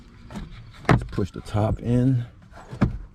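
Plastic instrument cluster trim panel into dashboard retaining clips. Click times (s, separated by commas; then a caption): 2.8 s. The plastic instrument cluster trim panel on a 2010 Ford Escape dashboard is pushed in at the top edge around the instrument cluster while someone talks. A single sharp click at 2.8 s marks its retaining clips engaging and the panel seating.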